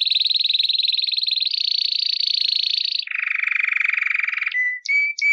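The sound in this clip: Canary song: fast buzzy trills high in pitch, dropping to a lower rattling tour, then a few clear whistled notes close the phrase.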